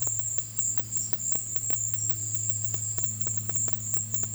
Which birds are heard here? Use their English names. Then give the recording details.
none. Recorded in dense forest near Puerto Asís, Putumayo, Colombia, on 20 February 2024 at 14:00. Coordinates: 0.487, -76.319. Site G6403